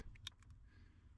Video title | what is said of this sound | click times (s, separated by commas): PedalMonster Installation Video 2020 Nissan Titan Pro4X #automobile #pedalmonster #technology #facts | female connection on the PedalMonster controller. You'll hear an audible snap. | 0.3 s